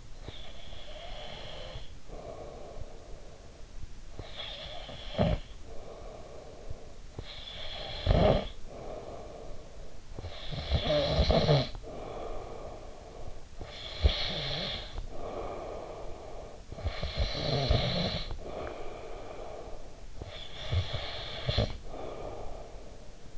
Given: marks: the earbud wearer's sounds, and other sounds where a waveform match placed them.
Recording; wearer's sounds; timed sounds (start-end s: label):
sounds in sleep by an in-ear microphone; breath, snoring breath
0.00-3.90 s: breath
4.03-9.94 s: snoring breath
10.00-13.39 s: snoring breath
13.39-23.33 s: breath